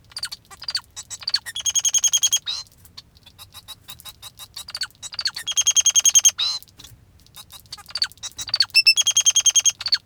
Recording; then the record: song of a male Bengalese finch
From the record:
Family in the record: father 2